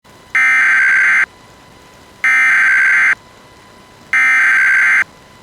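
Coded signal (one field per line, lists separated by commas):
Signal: Emergency Alert System (SAME) tones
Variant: header bursts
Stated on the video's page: Silver alert for Arizona issued as an administrative message by civil authority.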